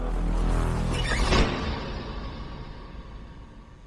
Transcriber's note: door shuts